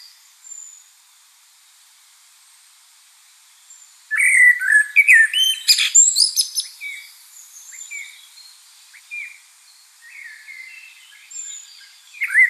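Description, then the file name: Common blackbird song: after a quiet start, a loud phrase of whistled notes and shrill twittering, followed by softer scattered chirps. "Turdus merula"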